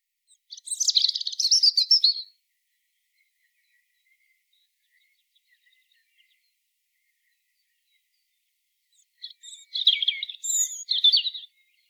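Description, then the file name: European robin song: two short, high, twittering warbled phrases separated by a long silent pause. "Erithacus rubecula"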